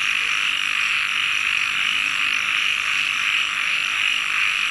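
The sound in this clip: Frogs produce a dense high trilling chorus, continuous and even, with a few faint low notes scattered underneath.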